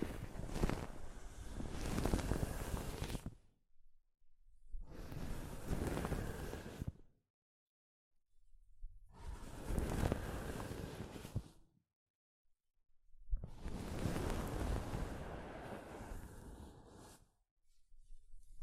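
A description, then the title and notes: Soft fabric brushes across a microphone in four long, rough rushes of full, rumbling noise, each lasting a few seconds and separated by brief silences. ASMR Mic Brushing using Soft Fabric (No Talking).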